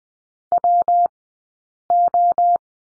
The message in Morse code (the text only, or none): WO